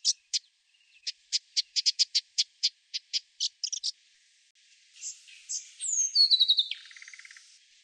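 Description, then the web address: Brown thornbill uttering a run of sharp high ticking notes at an uneven pace, then a single warbled phrase that drops downward into a short buzzy rattle. Recorded in a garden in Canberra, Australia. "canberra-garden-birds australasian-warblers brown-thornbill"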